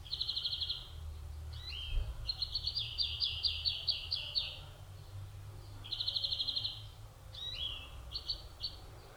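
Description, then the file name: European greenfinch song of rapid twittering trills and rolling runs, broken by short rising notes, repeated in two bouts with low background hum. "Chloris chloris"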